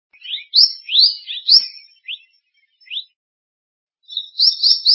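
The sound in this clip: Scarlet minivet giving high, rising whistled notes in a quick flurry, then sparse single notes, a gap, and a fresh burst of thin calls.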